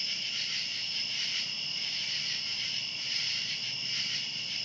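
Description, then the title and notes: Cicadas produce a sustained shrill chorus, buzzing steadily with gentle periodic swells. Outdoors at night. "Ext. Cicadas, Night by Bandeto"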